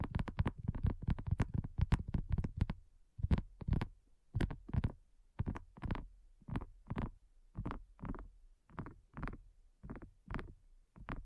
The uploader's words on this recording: ASMR Addictive Tapping. (No Talking).